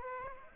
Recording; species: mosquito wingbeat signal from an infrared sensor; Aedes aegypti